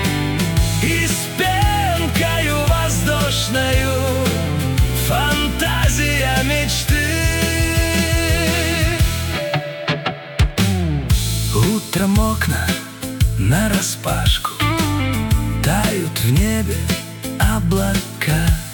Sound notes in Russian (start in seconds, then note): 7.2 intro electric guitar; 7.2 hoarse male voice